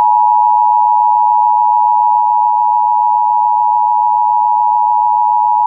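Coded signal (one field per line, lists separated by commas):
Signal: Emergency Alert System (SAME) tones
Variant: 853 and 960 Hz attention tone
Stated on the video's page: Flash flood warning for Monterey County, California, broadcast on KALT-FM.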